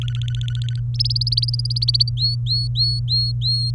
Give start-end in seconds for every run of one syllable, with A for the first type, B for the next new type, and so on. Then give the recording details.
0.01-0.80 A, 0.94-2.09 B, 2.17-3.71 C. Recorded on 23 April 2018 at 17:42. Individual llb3